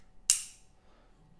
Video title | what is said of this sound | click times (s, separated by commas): MRFL-MC 4 in 1 Flashlight by CAA | clicks on so it is pretty strong inaudible so off on | 0.3 s